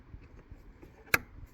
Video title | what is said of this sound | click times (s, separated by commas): 2019 porsche Cayanne oil and filter change | Make sure it snaps in. Everybody heard the snap. | 1.1 s